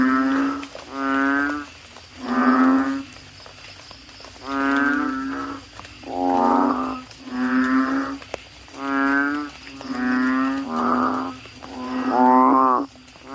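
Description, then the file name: Asian common toad calls, drawn-out humming croaks from several animals, following one another in an uneven series with short silences between. "suara kodok bangkong"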